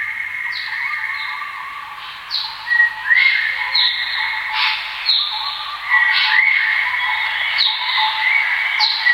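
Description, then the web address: Bird chorus of sustained whistles and sharp upward-sweeping chirps, layered and continuous, several callers overlapping through the whole stretch. "birds asiatori"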